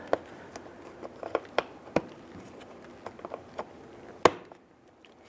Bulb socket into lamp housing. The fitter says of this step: it clockwise and lock into place